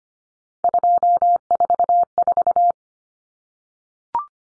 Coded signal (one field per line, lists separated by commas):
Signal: Morse code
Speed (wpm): 25 wpm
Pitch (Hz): 700 Hz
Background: none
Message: 244